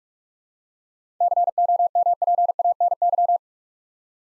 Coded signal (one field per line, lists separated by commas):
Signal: Morse code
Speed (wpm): 47 wpm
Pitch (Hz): 700 Hz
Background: none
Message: COMPANY